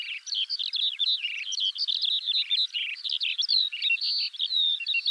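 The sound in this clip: Eurasian skylark song, a fast jumble of buzzy trills, chirps and a few clear whistled notes, delivered continuously and bright.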